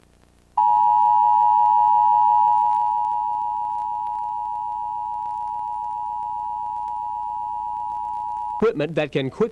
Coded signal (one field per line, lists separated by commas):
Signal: Emergency Alert System (SAME) tones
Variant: 853 and 960 Hz attention tone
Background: speech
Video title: Emergency Alert System Test (KALB-TV 5) - July 27, 2004 [with RARE TD moment]